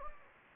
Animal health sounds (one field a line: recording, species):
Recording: mosquito wingbeat signal from an infrared sensor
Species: Anopheles gambiae